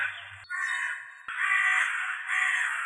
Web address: Corvus corone cornix